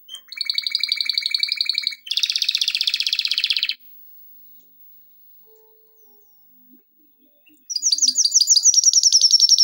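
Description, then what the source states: Canary song: two rapid trills, then several seconds of near silence, then a high fast trill resumes. Canary song for training.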